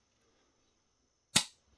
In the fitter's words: presses in till it clicks.